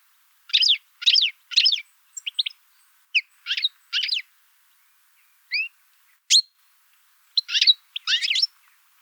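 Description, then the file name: European goldfinch uttering repeated tinkling call notes in a loose series, with brief gaps and a few thin rising whistles mixed in. "Carduelis carduelis"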